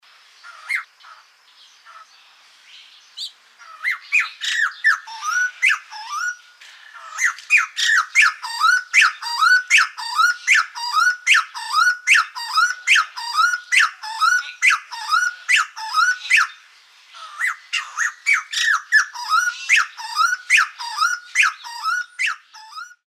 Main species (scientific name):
Garrulax leucolophus